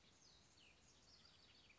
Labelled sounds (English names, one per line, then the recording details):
Cassin's Vireo
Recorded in Sonoma County, California